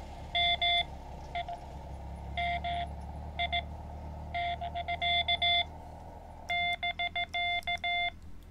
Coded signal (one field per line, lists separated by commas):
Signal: Morse code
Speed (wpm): 17 wpm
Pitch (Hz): 690 Hz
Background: none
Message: M I M I <BK> <BK>